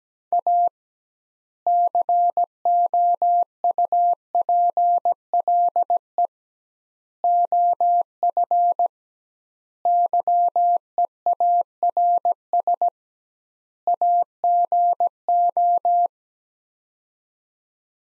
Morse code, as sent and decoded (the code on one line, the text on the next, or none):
.- / -.-. --- ..- .--. .-.. . / --- ..-. / -.-- . .- .-. ... / .- --. ---
A COUPLE OF YEARS AGO